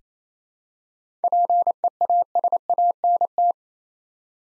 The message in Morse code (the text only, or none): PEASANT